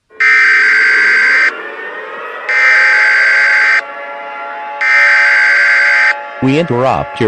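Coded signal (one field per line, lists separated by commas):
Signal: Emergency Alert System (SAME) tones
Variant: header bursts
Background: speech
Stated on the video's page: Fictional EAS scenario alert.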